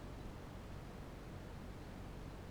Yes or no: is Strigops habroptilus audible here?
no